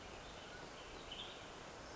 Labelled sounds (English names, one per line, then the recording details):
Western Tanager
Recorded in Sonoma County, California